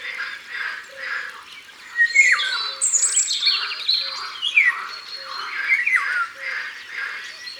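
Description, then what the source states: Eurasian golden oriole song with fluty down-slurred whistles repeated several times, overlapping a dense mix of other bird calls and a faint repeated low note. Recorded at the waterside.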